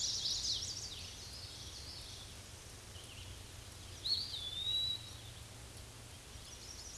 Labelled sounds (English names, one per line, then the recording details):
Eastern Wood-Pewee song
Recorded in a Pennsylvania forest on 18 May 2023 at 06:33
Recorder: AudioMoth, point grid1_36_low
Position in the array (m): 117 m, 166 m